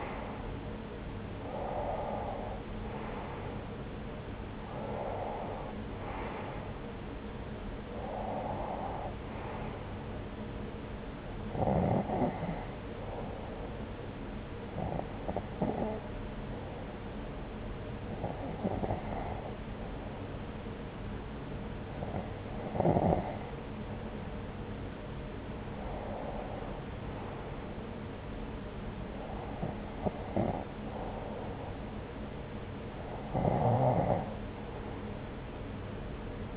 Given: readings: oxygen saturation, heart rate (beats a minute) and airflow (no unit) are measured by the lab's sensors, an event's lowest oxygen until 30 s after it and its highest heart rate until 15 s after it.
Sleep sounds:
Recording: breathing in sleep by a voice recorder at the bedside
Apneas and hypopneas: 1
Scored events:
13.00-32.30 s: hypopnea (N1, oxygen 94% highest, then 92% lowest)
From the record:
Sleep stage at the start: N1 (lightest sleep)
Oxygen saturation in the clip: 87 to 95%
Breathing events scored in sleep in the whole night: 303 in 8.1 hours asleep

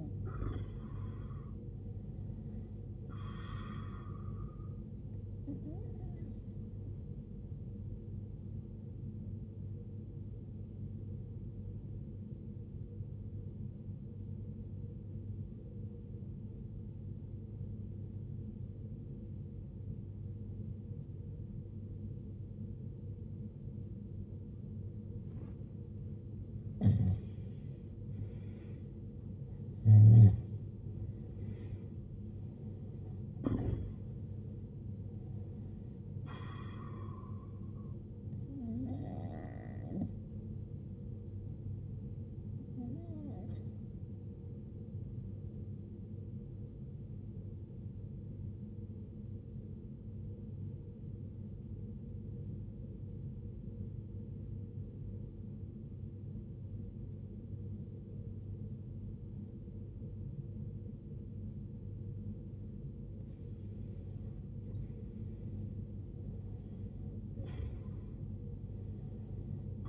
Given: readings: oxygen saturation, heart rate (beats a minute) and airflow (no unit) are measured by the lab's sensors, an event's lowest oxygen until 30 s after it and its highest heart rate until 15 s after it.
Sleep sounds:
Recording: breathing in sleep by a smartphone at the bedside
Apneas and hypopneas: 2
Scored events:
12.00-29.80 s: obstructive apnea (N1, oxygen 93% highest, then 91% lowest, heart rate 69 at the start, 74 highest)
13.00-69.89 s: new sleep stage, REM sleep
49.00-63.50 s: obstructive apnea (REM, oxygen 93% highest, then 90% lowest, heart rate 69 at the start, 72 highest)
From the record:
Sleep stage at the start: N1 (lightest sleep)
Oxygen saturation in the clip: 89 to 95%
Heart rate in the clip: 58 to 75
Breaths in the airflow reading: 10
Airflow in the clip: -16.6 to 18.8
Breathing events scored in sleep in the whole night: 389 in 6.3 hours asleep

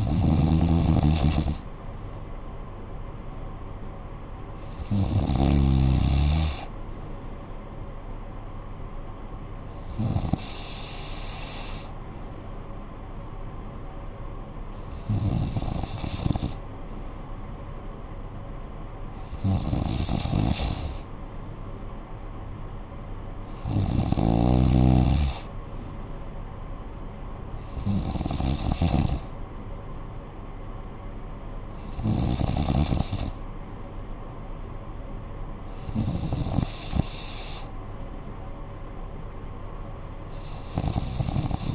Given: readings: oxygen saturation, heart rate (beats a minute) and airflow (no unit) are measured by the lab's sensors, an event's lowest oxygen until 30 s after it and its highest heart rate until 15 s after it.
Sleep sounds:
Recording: breathing in sleep by a smartphone at the bedside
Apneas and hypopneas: none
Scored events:
none scored
From the record:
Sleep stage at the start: N3 (deep sleep)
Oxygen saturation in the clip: 94%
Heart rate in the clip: 54 to 61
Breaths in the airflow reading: 9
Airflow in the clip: -9.4 to 6.1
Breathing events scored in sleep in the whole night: 445 in 7.6 hours asleep

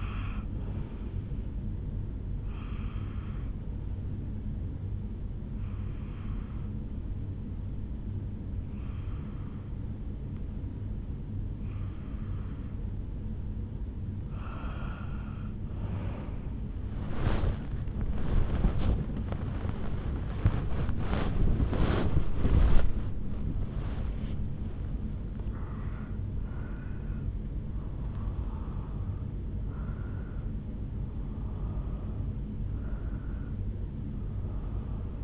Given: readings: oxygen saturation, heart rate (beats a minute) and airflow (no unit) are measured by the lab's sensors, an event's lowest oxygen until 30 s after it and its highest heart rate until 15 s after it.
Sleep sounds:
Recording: breathing in sleep by a smartphone at the bedside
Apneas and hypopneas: 1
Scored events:
4.00-20.00 s: hypopnea (N1, oxygen 94% highest, then 92% lowest, heart rate 74 at the start, 90 highest)
From the record:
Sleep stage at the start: N1 (lightest sleep)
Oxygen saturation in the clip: 90 to 94%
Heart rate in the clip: 71 to 90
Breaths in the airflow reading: 8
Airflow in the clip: -11.1 to 9.3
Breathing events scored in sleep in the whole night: 449 in 7.0 hours asleep

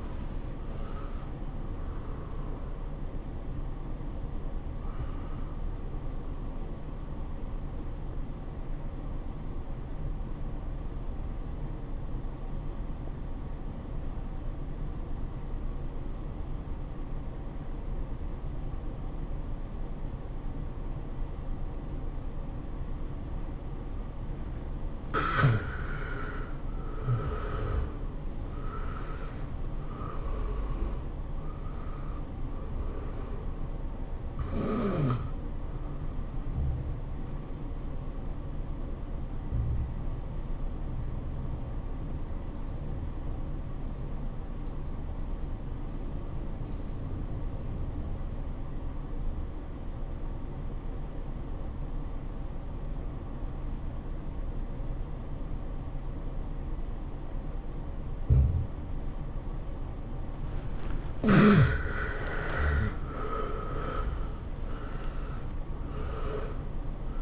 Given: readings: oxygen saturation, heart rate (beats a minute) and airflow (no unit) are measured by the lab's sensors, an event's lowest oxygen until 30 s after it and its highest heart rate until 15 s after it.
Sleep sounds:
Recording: breathing in sleep by a smartphone at the bedside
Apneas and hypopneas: 2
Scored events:
9.00-25.90 s: obstructive apnea (N1, oxygen 96% highest, then 78% lowest, heart rate 97 at the start, 103 highest)
39.00-62.20 s: obstructive apnea (N1, oxygen 97% highest, then 75% lowest, heart rate 92 at the start, 107 highest)
From the record:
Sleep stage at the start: N1 (lightest sleep)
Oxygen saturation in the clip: 78 to 97%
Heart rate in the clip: 81 to 104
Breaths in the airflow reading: 8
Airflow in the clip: -15.8 to 12.4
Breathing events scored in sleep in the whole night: 403 in 5.5 hours asleep

